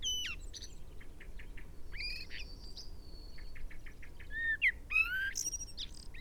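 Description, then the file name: Common blackbird: a run of short clipped notes with drawn-out whistles, then a burst of rising slurred whistles and high squeaky notes, over low background noise. "Turdus merula"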